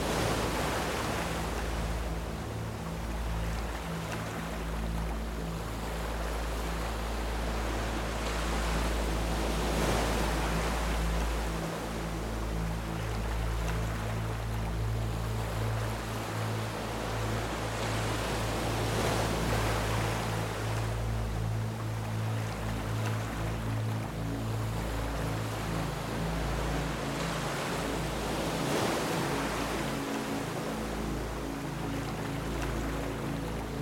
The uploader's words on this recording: With the gentle noise of the waves and soothing melodies. The Sound of WAVES and Soft MUSIC.